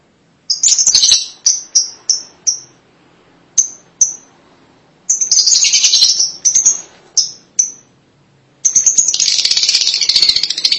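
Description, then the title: Lovebird calls, sharp high chirps in short series interrupted by grating chatter, ending with a sustained burst of harsh noisy calling. "BM Suara Burung Lovebird"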